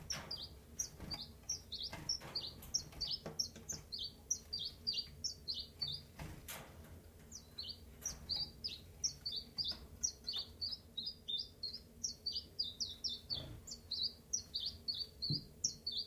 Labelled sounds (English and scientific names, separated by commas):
Common Chiffchaff (Phylloscopus collybita)